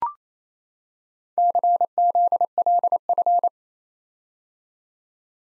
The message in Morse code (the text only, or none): CZLF